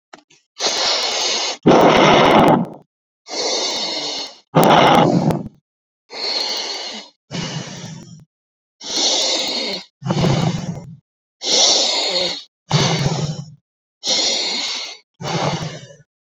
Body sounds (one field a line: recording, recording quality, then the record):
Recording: deep breathing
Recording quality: excellent, no background noise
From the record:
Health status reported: exposed to COVID-19, no respiratory illness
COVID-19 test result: not tested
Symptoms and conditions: cough, cold, sore throat, fever, muscle pain, diarrhoea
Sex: male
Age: 29 years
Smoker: not ticked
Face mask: not worn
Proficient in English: yes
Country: India